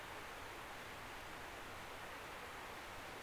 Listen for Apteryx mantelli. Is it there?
no